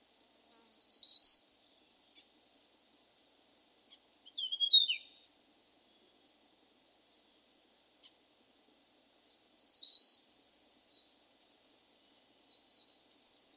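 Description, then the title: Hill prinia giving three soft phrases of high chirps and down-slurred notes, separated by long quiet gaps. "prenjk gnung. Suara burung prenjak gunung"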